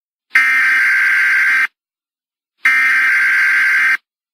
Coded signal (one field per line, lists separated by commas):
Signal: Emergency Alert System (SAME) tones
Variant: header bursts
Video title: EAS Scenario: The Fall of A Dictatorship | Part 3